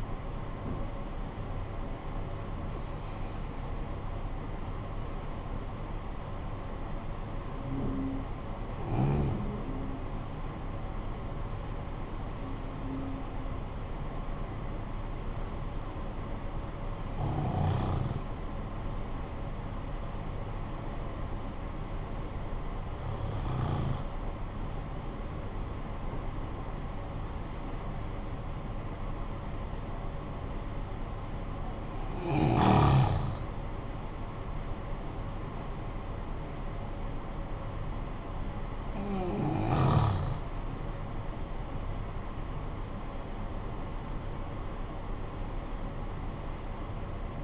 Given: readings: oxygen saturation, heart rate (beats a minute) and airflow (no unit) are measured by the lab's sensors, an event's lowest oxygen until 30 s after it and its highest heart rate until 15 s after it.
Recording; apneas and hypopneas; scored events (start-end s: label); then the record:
breathing in sleep by a smartphone at the bedside; none
none scored
From the record:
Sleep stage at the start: N1 (lightest sleep); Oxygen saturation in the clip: 93 to 95%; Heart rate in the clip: 49 to 65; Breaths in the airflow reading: 9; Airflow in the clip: -11.5 to 13.4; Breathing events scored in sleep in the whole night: 445 in 7.6 hours asleep